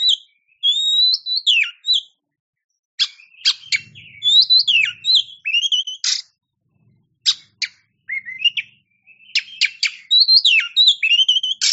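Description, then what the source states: Oriental magpie-robin singing a fast, varied phrase of bright slurred whistles, rising and falling, mixed with abrupt dry clicks and short gaps. A champion-class Oriental magpie-robin (kacer) singing.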